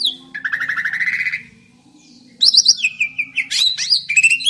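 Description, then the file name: Asian pied starling giving a long buzzy, grating note, a brief lull, then a jumble of squeaky whistles and chattering phrases over a faint low hum. Indonesian name jalak suren; the singing is described as gacor. "suara burung jalak suren gacor"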